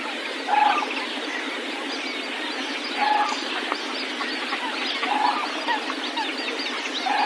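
White-naped crane calling with short trumpeting honks, four or five notes unevenly spaced, over a dense hissing background.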